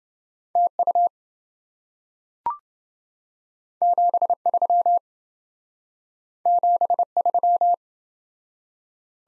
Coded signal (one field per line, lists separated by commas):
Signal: Morse code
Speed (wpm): 28 wpm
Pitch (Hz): 700 Hz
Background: none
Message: TU 73 73